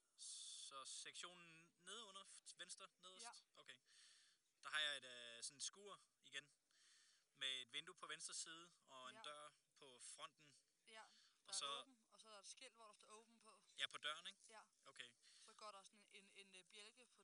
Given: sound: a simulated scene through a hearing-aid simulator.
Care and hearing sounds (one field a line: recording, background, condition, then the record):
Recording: conversation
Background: quiet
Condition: 65 dB SPL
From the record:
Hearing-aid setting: standard clinical setting (NAL)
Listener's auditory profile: C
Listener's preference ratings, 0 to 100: 89, 94, 100